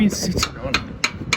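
A stiff locking part on a vehicle fitting, stiff from having been sitting, is handled while someone talks, with sharp knocks at about 1.1 and 1.3 seconds. Nothing has dropped, locked or seated yet by the end of the clip.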